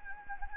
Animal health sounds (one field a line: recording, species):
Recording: mosquito wingbeat signal from an infrared sensor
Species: Anopheles gambiae